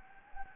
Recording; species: mosquito wingbeat signal from an infrared sensor; Anopheles gambiae